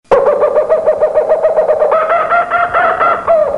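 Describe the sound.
Kookaburra call, a loud, fast chuckling run of hollow, throaty notes that rises slightly and grows more raucous toward the end, lasting about three and a half seconds.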